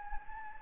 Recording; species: mosquito wingbeat signal from an infrared sensor; Anopheles gambiae